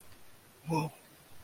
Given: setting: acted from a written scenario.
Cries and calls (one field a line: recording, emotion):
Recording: vocal sound without words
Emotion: awe